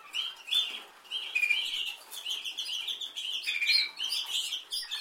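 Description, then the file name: Canary singing bursts of quick warbled and trilled notes in short phrases. "Canary Voice"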